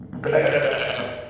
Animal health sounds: contact call of a hoofed animal; sheep; low-frequency (closed-mouth) or high-frequency (open-mouth) call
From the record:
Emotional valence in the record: negative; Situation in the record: short social isolation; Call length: 1.30 s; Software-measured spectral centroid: 1720 Hz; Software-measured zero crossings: 1810 a second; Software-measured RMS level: -23 dBFS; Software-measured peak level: -7 dBFS

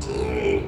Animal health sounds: contact call of a hoofed animal; pig; closed-mouth grunt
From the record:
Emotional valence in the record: negative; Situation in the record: short social isolation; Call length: 0.68 s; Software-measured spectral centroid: 1960 Hz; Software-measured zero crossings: 1410 a second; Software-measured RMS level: -24 dBFS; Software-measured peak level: -11 dBFS

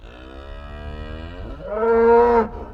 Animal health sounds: contact call of a hoofed animal; cattle; low-frequency (closed-mouth) or high-frequency (open-mouth) call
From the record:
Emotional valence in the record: positive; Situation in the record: physical reunion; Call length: 2.8 s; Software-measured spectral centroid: 1000 Hz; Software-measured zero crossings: 1050 a second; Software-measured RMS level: -20 dBFS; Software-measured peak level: -6 dBFS

